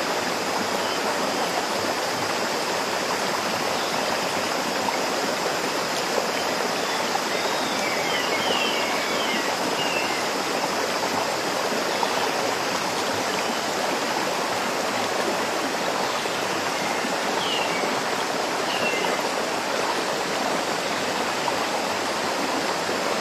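A sudden midnight downpour hisses at a dense, unchanging level throughout, full like rushing water. Faint, brief high chirps rise above the wash around seven and eighteen seconds, and the rain otherwise holds steady.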